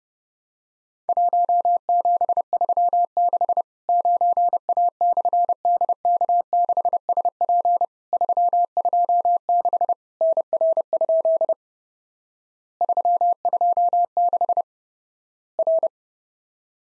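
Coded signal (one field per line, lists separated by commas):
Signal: Morse code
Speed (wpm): 30 wpm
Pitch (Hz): 700 Hz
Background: none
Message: 1736 9A/DK6SP 326 NR? 326 R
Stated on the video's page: Worked All Europe DX CW contest QTC exchange practice at 30wpm, with random repeat requests; each exchange sent, spoken, then sent again.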